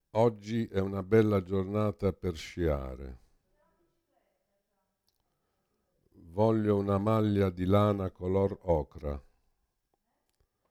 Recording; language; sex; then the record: read phrases; Italian; male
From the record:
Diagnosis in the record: Parkinson's disease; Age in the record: 65 years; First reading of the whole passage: 52 s, 9.9 characters per second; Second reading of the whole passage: 50 s, 10.3 characters per second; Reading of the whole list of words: 40 s, 7.0 characters per second